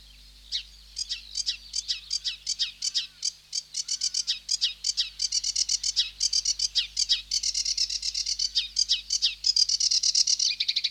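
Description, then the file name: Sedge warbler song, a hurried stream of harsh chirps, squeaky slurred whistles and churring trills that speeds up and grows denser toward the end. "Sedge Warbler (Acrocephalus schoenobaenus)"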